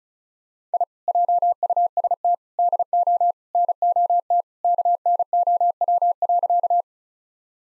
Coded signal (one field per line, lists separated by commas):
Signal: Morse code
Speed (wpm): 34 wpm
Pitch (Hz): 700 Hz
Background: none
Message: I JUST DO NOT KNOW.